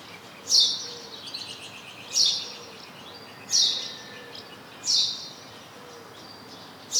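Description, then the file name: House sparrow chirping, loud clipped harsh notes repeated roughly every one and a half seconds over a soft background hiss. "Passer domesticus"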